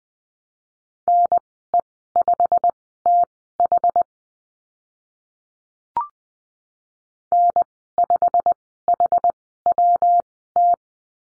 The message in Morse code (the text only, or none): NE5TH N5HWT